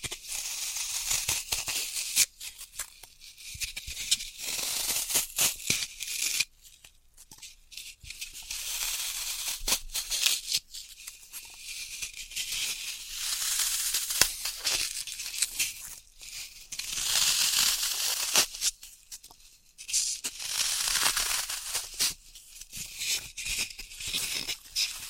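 Floral foam being worked with dense, crumbly crackling and crunching, mostly bright and hissy. The texture swells and fades in uneven bursts, with brief quiet gaps around 6–7 and 19–20 seconds and sharp taps scattered throughout.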